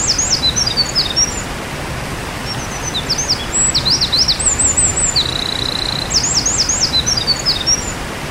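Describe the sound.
Winter wren giving high, thin buzzy and zigzagging notes in short bursts, with one flat sustained note near five seconds, over steady low background noise.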